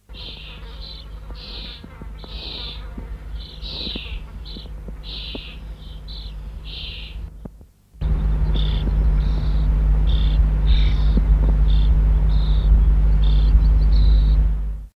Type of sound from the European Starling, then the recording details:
call. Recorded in the wild. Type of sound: call. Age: immature. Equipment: Halbspur, 9,5 cm/s. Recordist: Lütgens, Hans. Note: Fast flügge Junge